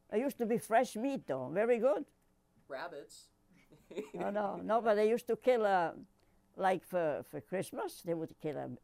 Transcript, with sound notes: It used to be fresh meat, though, very good.
Rabbits. ( he laughs )
No, but they used to kill, uh, like for Christmas they would kill a,